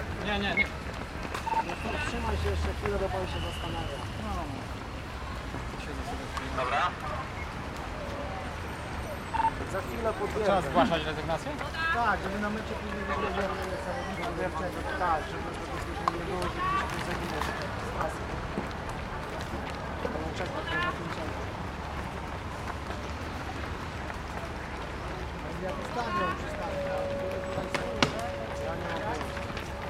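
Outdoors near a marathon medical point, a constant crowd murmur of overlapping voices mixes with low traffic rumble, clattering footsteps and occasional high beeps.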